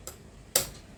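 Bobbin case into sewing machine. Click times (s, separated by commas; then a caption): 0.6 s. A threaded part, likely the bobbin case, is pushed into its seat in a sewing machine. A faint tick at 0.1 s is followed by a sharp, bright click at 0.6 s, and the part is seated.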